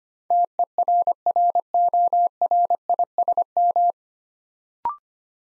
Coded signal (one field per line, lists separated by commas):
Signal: Morse code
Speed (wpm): 25 wpm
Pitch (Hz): 700 Hz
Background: none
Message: TERRORISM